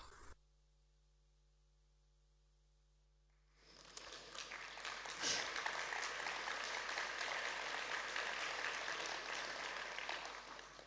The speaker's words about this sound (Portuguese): Obrigada, estas palmas são para estas pessoas que se disponibilizaram a fazer estes depoimentos, que são, é realmente uma história de vida.